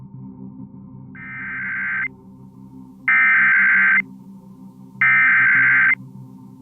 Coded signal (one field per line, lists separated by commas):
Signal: Emergency Alert System (SAME) tones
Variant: header bursts